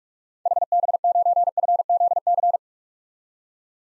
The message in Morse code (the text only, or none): HB9FZC